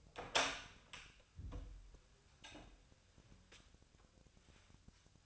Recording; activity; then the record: daily activity, microphone in the room; open door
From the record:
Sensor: 2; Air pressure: 1007.3 hPa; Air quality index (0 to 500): 182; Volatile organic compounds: 10 ppm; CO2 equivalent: 2232 ppm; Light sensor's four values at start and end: 10/23/10/10 and 10/24/10/10